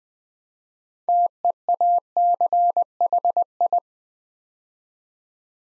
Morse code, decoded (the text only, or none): TEACHI